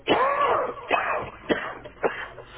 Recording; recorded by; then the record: voluntary cough; telephone call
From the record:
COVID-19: positive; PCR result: checked with the laboratory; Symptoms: no